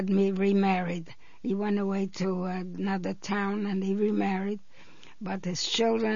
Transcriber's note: none